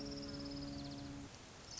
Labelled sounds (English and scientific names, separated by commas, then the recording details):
Orange-crowned Warbler (Leiothlypis celata)
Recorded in Sonoma County, California